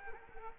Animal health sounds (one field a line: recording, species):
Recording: mosquito wingbeat signal from an infrared sensor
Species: Culex quinquefasciatus